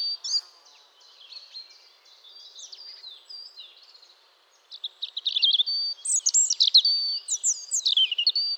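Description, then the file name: European robin song with soft high twittering, a brief pause, then a stronger run of sweet warbles, trills and thin whistled notes. "Erithacus rubecula"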